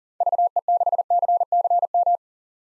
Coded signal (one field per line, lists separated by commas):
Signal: Morse code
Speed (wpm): 40 wpm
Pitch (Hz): 700 Hz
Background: none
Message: VE6CCM